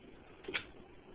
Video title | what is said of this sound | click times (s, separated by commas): How to replace the Samsung CLP-300 toner cartridges | I don't have a replacement just let me go with one back in clicks | 0.6 s